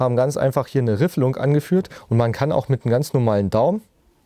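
A man talks about the fluted bolt on a licence-built G3 battle rifle, which lets the bolt be guided forward with the thumb so it closes fully into the steel rifle's receiver. Only his speech is heard, and nothing has seated or clicked yet.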